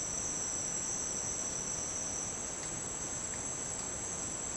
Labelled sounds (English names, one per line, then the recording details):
none
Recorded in dense forest near Puerto Asís, Putumayo, Colombia, on 23 June 2025 at 08:30
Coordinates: 0.484, -76.317
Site G045